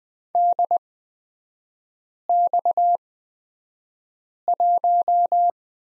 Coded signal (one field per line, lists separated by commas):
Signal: Morse code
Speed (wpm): 20 wpm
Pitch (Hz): 700 Hz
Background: none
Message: DX1